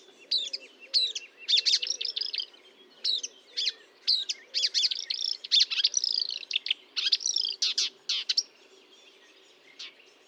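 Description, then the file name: Marsh warbler singing a fast, jumbled chatter of scratchy and whistled notes in bursts, pausing briefly between bursts. Recorded at Fourneau, Fontaine-Française, France, on 1 June 2022 at 10:55, using Nagra recorder and Telinga equipment. "Rousserolle verderolle 1055 Fontaine-Francaise-Fourneau"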